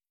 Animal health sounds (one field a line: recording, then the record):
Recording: hydrophone in a shrimp aquaculture tank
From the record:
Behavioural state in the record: feeding